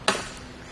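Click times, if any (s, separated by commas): 0.1 s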